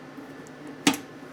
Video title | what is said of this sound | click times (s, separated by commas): How To Laser Engrave Tumblers With A Thunder Laser - Thunder Bolt | Plug it in and it will snap in place. | 0.9 s